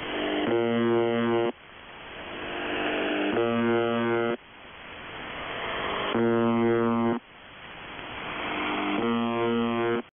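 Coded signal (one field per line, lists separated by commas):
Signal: numbers station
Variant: UVB-76 (The Buzzer)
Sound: four harsh low buzzes, each about one second long, separated by rising static hiss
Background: radio static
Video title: The Buzzer/UVB-76(4625Khz) Feb. 4th 2020 15:08UTC Voice message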